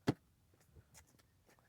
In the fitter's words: கரெக்டாவே வந்து நமக்கு லாக் ஆயிடுச்சு அவ்வளவுதான் வந்து சீட்டை க்ளோஸ் பண்றதுக்கான ப்ராசஸ்ும்